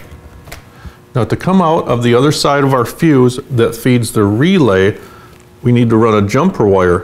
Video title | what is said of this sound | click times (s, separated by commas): The Best Way To Make A Relay/ Fuse Panel, Automotive Wiring | you want to push them in until they click | 0.5 s